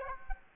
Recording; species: mosquito wingbeat signal from an infrared sensor; Aedes aegypti